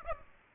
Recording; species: mosquito wingbeat signal from an infrared sensor; Aedes aegypti